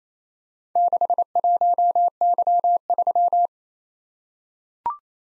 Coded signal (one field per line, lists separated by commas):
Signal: Morse code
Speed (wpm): 27 wpm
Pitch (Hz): 700 Hz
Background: none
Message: 61Y3